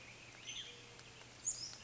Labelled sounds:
Western Tanager (Piranga ludoviciana)

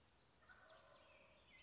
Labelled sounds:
Wild Turkey (Meleagris gallopavo)

